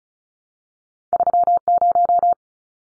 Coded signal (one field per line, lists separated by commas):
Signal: Morse code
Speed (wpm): 34 wpm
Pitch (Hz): 700 Hz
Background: none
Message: 30